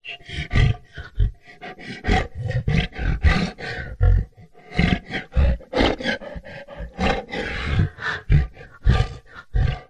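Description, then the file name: Big cat panting in quick, rough, breathy huffs, a steady run of bursts with short gaps between them. Lion or tiger, breathy panting, curious and playful. "zapsplat animals big cat"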